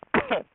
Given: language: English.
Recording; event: throat vibration sensor signal played as sound; cough